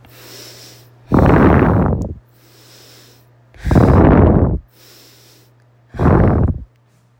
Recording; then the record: deep breathing after running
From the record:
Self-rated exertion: light exertion (2 of 6); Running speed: 5 miles an hour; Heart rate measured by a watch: 100 beats a minute at the start, 96 at the end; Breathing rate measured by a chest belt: 15 breaths a minute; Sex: female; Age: 30 years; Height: 160 cm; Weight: 51 kg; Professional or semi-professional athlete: no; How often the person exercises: 3 to 5 times a week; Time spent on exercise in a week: over 5 hours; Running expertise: no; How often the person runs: 3 to 5 times a week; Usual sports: running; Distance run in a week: 60 km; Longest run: 42 km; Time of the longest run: 267 minutes